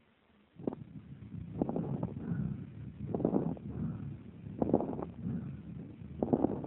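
Rushing breath sounds repeat in steady cycles, each opening with a brief burst of fine crackling: bronchovesicular breathing with characteristic crepitation heard on the right, over the symmetrical area of an adult's chest, with a primary tuberculous complex in the upper lobe of the right lung.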